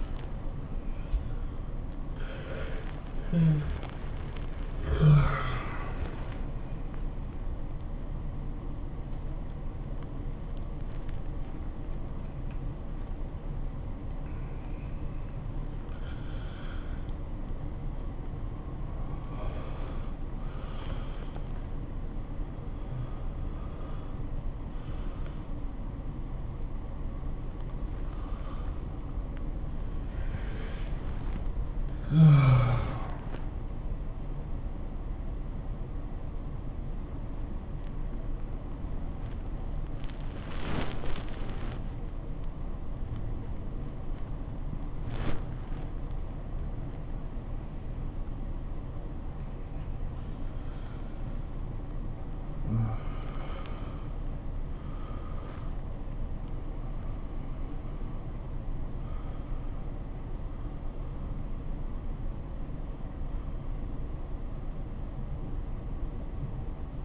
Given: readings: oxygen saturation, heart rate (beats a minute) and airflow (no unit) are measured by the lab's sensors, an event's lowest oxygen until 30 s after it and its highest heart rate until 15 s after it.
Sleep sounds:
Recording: a person awake in a sleep study, by a smartphone at the bedside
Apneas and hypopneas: none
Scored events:
0.00-67.05 s: awake
From the record:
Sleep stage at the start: awake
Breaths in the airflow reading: 19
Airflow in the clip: -0.7 to 0.7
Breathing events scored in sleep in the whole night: 403 in 5.5 hours asleep

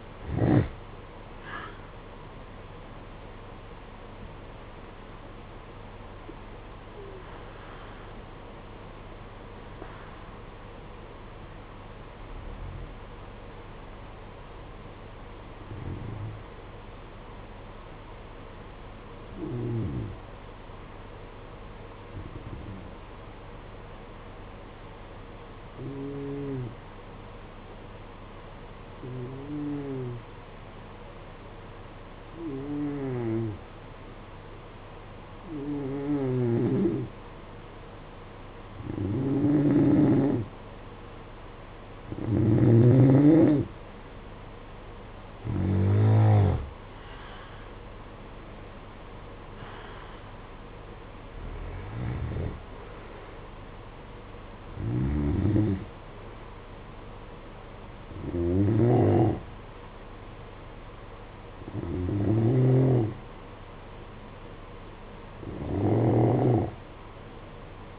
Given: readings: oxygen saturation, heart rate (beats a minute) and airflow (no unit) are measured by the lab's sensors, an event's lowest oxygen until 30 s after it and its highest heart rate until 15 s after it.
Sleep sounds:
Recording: breathing in sleep by a voice recorder at the bedside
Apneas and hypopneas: 1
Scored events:
15.00-42.80 s: hypopnea (N2, oxygen 96% highest, then 88% lowest, heart rate 54 at the start, 65 highest)
38.00-67.99 s: new sleep stage, N1 (lightest sleep)
From the record:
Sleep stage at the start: N2 (light sleep)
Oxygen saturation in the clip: 88 to 96%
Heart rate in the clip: 52 to 65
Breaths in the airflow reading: 19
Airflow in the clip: -13.5 to 10.1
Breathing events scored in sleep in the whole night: 476 in 9.7 hours asleep

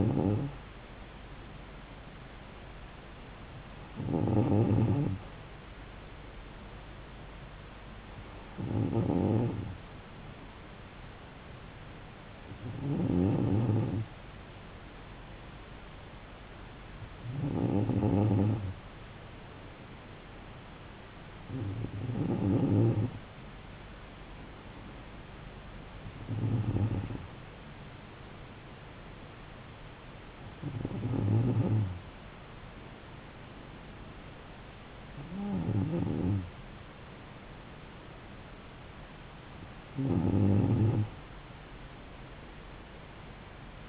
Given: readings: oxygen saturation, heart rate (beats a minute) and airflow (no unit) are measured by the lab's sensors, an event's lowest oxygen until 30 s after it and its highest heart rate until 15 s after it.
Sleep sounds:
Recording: breathing in sleep by a voice recorder at the bedside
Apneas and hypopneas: none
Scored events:
none scored
From the record:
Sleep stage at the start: N2 (light sleep)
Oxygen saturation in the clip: 94%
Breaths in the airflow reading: 10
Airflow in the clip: -3.0 to 3.6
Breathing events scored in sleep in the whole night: 270 in 6.1 hours asleep

